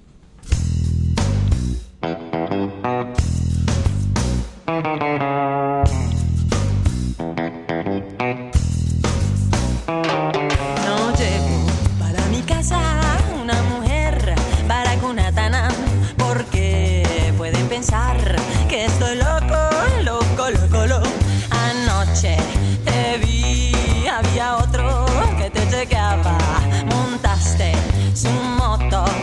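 A song plays loudly and steadily, opening with choppy, stop-start chords before the full band settles into a dense, driving groove with bright melodic lines on top.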